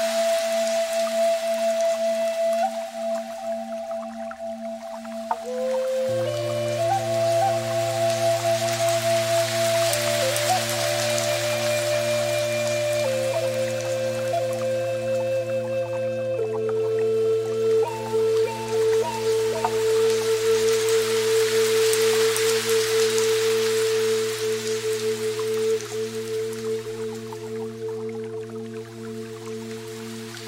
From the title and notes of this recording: Immerse yourself in a harmonious blend of Relaxing Piano Music and the gentle murmur of a Soft Water Stream. The rhythmic ebb and flow of a Waterfall.